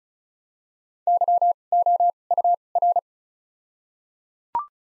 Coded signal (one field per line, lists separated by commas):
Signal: Morse code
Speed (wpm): 34 wpm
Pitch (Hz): 700 Hz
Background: none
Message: Y O U R